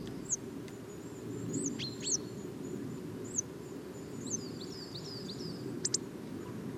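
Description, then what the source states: Hawfinch calls: short, sharp, very high ticks given at irregular intervals, with other thin bird notes mixed in, over a broad low roar of background noise. Several hawfinches gathered at the top of a tree, autumn forest of Val Drôme at La Sarcena, 26 October 2018, sunny morning between 8 and 10 am, many aircraft around.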